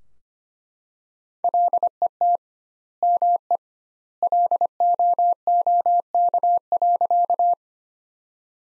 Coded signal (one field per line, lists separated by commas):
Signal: Morse code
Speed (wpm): 25 wpm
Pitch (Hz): 700 Hz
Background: none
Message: LET ME LOOK.